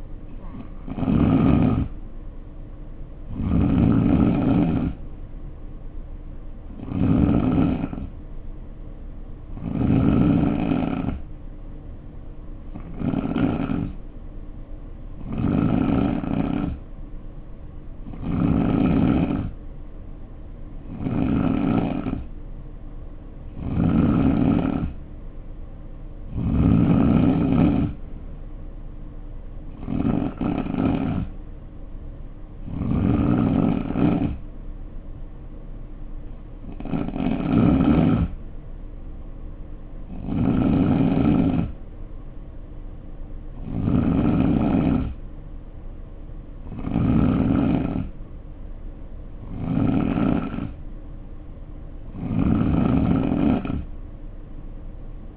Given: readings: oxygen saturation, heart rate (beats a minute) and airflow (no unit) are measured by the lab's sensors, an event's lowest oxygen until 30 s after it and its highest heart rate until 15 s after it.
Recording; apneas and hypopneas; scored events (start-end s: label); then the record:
breathing in sleep by a smartphone at the bedside; 1
8.00-55.37 s: new sleep stage, N2 (light sleep)
9.00-27.90 s: hypopnea (N2, oxygen 90% highest, then 88% lowest, heart rate 65 at the start, 65 highest)
From the record:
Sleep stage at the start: N3 (deep sleep); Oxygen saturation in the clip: 88 to 90%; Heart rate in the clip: 61 to 68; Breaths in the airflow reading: 19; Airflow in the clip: -4.7 to 3.4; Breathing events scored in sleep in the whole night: 520 in 7.2 hours asleep